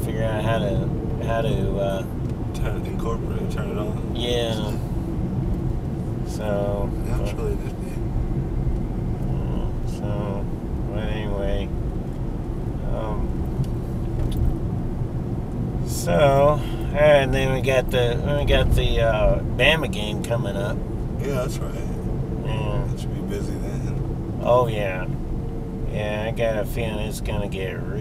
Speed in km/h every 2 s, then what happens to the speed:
48, 48, 48, 47, 47, 47, 48, 48, 45, 44, 42, 42, 39, 34.
0-14 steady at about 48. 14-28 slows to 34.